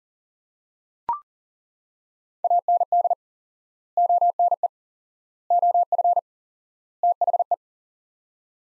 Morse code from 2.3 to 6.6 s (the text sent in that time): AND ONE OF